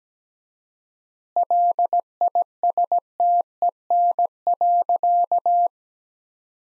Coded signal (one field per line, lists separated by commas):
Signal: Morse code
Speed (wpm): 17 wpm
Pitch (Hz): 700 Hz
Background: none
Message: LISTEN.